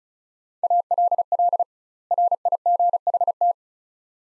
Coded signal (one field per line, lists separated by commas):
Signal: Morse code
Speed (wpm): 36 wpm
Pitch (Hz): 700 Hz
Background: none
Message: ALL RIGHT